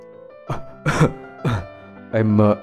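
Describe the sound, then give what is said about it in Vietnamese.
A man in a hospital bed produces a series of four rough, voiced coughs, short hacking bursts with a longer, throaty one at the end, sounding like an imitated cough. “ho lên khụ khụ.”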